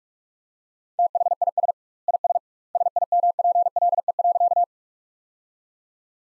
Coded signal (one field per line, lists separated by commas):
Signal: Morse code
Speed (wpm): 41 wpm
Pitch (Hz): 700 Hz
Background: none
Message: THIS IS SIMPLE.